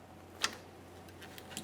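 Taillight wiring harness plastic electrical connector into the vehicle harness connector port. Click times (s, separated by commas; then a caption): 0.4 s. A new taillight wiring harness plastic electrical connector for a 1999-2006 Chevrolet Silverado 1500 is pressed into its harness connector port on the truck. A sharp, bright click at 0.4 s shows it seating, followed by two fainter ticks near 1.4 s and 1.6 s. The connector clicks in and is seated.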